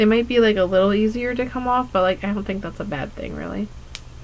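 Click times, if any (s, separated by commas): 4.0 s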